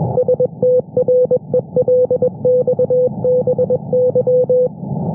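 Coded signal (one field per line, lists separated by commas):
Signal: Morse code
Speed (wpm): 22 wpm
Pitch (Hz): 500 Hz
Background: none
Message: STRELXBY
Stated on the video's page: Daily Russian Navy station sending partially encrypted CW traffic on 21,438 kHz in the 15-metre amateur band, received by a monitoring service.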